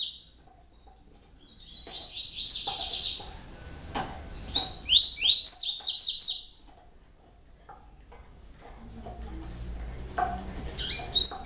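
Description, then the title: Double-collared seedeater song: bursts of rapid, high, downslurred twittering notes around three and six seconds, another brief burst near the end, with quiet gaps between. "Canto Coleiro"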